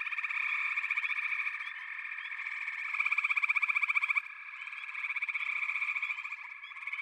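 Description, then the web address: Frog chorus with rhythmic pulsing trills that swell and fade in waves, several callers overlapping, plus occasional rising chirps. "The Natural Sounds of the Wilderness. Echoes of Nature - Frog Chorus"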